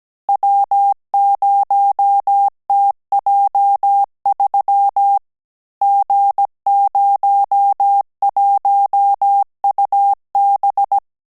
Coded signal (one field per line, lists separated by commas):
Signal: Morse code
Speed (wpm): 17 wpm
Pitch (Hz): 800 Hz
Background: none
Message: W0TJ3 G01UB